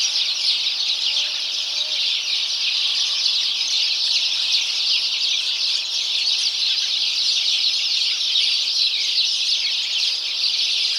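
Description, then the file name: House sparrows in a steady communal chatter, dense overlapping chirps and twitters running without a break. "Passer domesticus"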